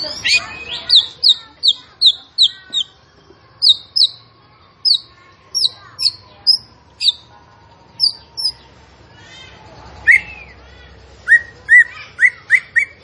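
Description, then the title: Zebra finch song made of crisp high chirps repeated steadily, a faint long whistle running beneath, then a brief burst of varied notes. Masteran recording for training songbirds, featuring a gacor, actively singing, tembakan bird. "Masteran Burung Tembakan Gacor"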